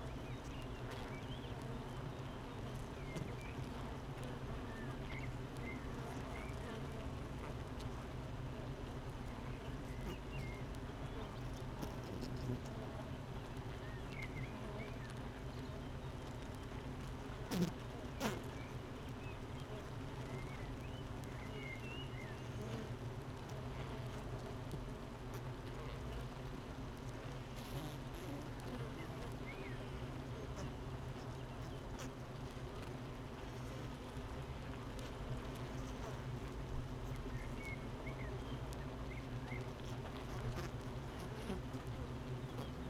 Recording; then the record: honeybee colony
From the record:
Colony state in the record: missing queen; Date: 31 May 2018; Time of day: 8:27